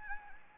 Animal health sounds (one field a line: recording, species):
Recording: mosquito wingbeat signal from an infrared sensor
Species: Anopheles gambiae